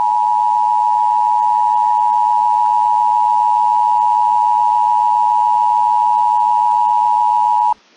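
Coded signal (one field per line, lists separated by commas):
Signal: Emergency Alert System (SAME) tones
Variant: 853 and 960 Hz attention tone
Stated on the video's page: Fictional EAS scenario alert about a cybug warning.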